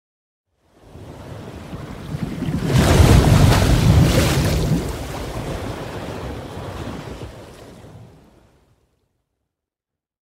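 Flowing water rushes in after a brief silence, swelling to its loudest around three to four seconds with a deep rumble under a bright hiss. The dense wash then eases steadily and fades out before eight and a half seconds, leaving silence.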